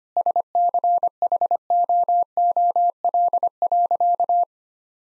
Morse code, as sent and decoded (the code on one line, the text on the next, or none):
... -.-. .... --- --- .-.. .-.-.-
SCHOOL.